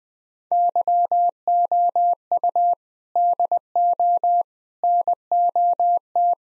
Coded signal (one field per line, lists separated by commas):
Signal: Morse code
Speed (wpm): 20 wpm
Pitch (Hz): 700 Hz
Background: none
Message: YOU DO NOT